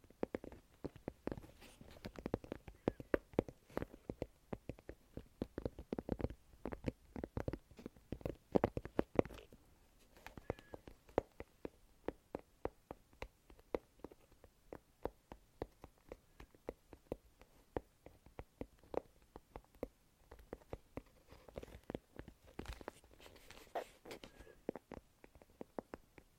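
Intense tapping: quick, sharp taps come in dense bursts, with fingers drumming rapidly and unevenly throughout the whole clip. The taps cluster most thickly in the first nine seconds and again near twenty-three seconds, thinning into looser, scattered clicks between.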